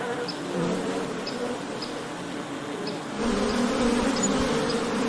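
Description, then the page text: Honey bees droning, the buzz swelling louder partway through, with faint light ticks in the background. Ambient honey bee wing-buzz sound, presented as ASMR background sound for work and sleep. "【環境音・ASMR】ミツバチの羽音3分｜ Honey Bees Sound【作業用・睡眠用BGM】"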